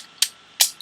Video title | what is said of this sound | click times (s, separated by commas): How to Transform: Cybertronian Optimus Prime into Vehicle Mode | like that until you hear them click | 0.2 s, 0.6 s